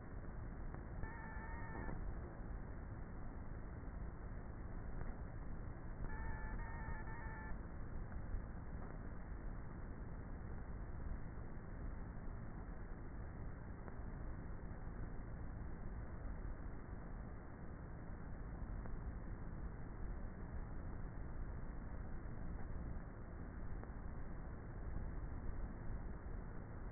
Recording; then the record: honeybee colony, microphone inside the hive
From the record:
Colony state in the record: queenless with a low population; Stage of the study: before two queens were removed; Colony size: about 30,000 bees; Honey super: no